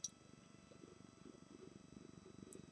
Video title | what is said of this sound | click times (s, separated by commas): LEGO Live Construction : Legends of Chima's Spinlyn's Cavern (2/2) [Français] | et on va clipser ça un peu partout, écoutez. | 0.1 s, 2.5 s